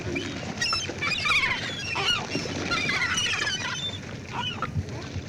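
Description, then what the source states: Gulls giving scattered high squeals and laughing yelps, thinner toward the end, above a low steady rumble. Chattering.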